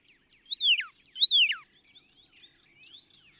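Northern cardinal song: two loud downslurred whistles a little under a second apart, followed by faint high chirps in the background.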